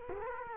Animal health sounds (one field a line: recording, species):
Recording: mosquito wingbeat signal from an infrared sensor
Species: Culex quinquefasciatus